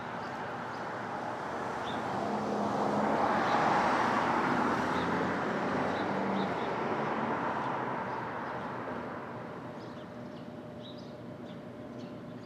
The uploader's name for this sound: Brooklyn Dawn, 4 - 17 - 20, Street Traffic II